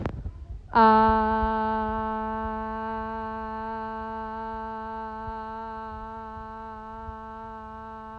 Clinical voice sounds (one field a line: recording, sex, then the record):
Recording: sustained vowel /a/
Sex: female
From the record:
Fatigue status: no fatigue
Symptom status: symptomatic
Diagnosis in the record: COVID-19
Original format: m4a